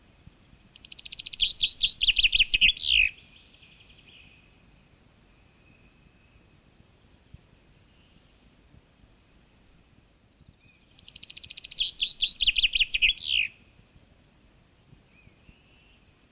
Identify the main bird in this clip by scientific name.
Fringilla coelebs